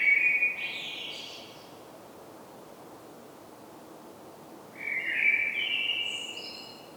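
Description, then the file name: Common blackbird singing two fluted phrases about five seconds apart, each mellow and warbling, then ending in a high scratchy twitter. "Turdus merula"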